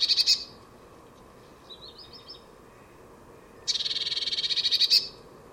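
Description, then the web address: Bird gives a short churr, then a few soft rattling notes, then a longer buzzy, rapidly pulsed churr lasting over a second. "cianscape birddata Deverinetal 2025 Bird Only Cy Ca"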